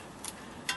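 The lock tab on the plastic electrical plug of the speed sensor on a 2006 Ford Expedition's transmission is pulled down to release the connector. A faint tick at about 0.3 s rises out of steady background hiss, then a sharp, bright click at 0.7 s. The tab clicks open and the connector is released.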